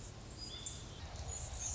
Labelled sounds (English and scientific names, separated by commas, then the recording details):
Anna's Hummingbird (Calypte anna)
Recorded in Sonoma County, California